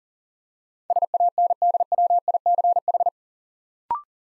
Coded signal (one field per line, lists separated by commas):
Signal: Morse code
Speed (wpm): 39 wpm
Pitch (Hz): 700 Hz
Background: none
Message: SANDWICH